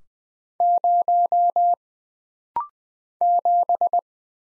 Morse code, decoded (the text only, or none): 0 7